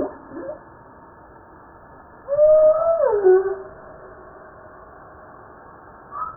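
Humpback whale song unit: a brief low note, then a loud wavering tonal cry that rises and bends downward for about a second, with a short note at the end.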